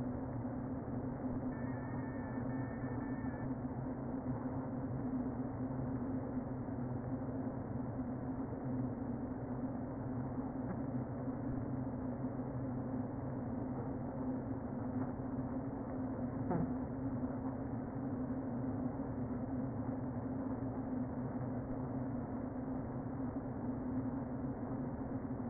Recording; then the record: honeybee colony, microphone inside the hive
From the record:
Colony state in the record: queen present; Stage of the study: before two queens were removed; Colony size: about 60,000 bees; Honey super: yes